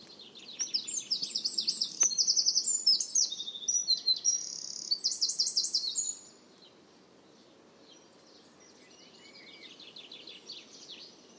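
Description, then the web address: Songbird delivering a long, varied high-pitched song of buzzy trills and sharp chirps for about six seconds, then only faint twittering over a soft background hiss. "cianscape birddata Deverinetal 2025"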